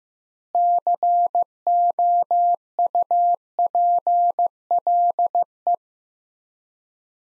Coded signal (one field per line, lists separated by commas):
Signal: Morse code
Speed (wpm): 15 wpm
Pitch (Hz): 700 Hz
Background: none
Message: COUPLE